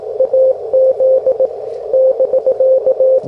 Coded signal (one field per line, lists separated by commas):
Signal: Morse code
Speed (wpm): 18 wpm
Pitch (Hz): 520 Hz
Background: radio noise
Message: AZ <BK>